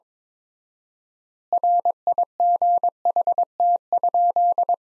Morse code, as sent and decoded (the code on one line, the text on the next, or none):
.-. .. --. .... - ..--..
RIGHT?